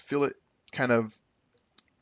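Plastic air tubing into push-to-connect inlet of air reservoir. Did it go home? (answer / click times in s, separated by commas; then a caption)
yes / 1.8 s. Plastic air tubing is pushed firmly into the push-to-connect inlet fitting of a pneumatic air reservoir. Someone talks, then a single sharp snap at 1.8 s marks the tubing popping into place, followed by a faint tick. The tubing is seated in the inlet.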